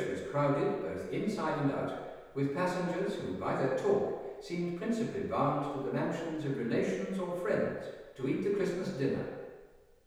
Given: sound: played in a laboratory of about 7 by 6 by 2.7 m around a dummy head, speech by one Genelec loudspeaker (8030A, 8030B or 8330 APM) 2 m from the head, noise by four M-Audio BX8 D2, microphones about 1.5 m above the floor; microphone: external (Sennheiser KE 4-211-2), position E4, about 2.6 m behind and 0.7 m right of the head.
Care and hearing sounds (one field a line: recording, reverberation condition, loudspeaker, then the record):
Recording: male speech in English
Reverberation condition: high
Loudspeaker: 30 degrees to the left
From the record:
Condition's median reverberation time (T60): about 1300 ms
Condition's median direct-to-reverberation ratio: about -4.0 dB